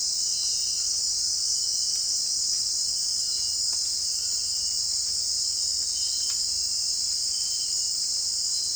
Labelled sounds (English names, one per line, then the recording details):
none
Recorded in dense forest near Puerto Asís, Putumayo, Colombia, on 21 March 2025 at 18:00
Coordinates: 0.499, -76.324
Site GP03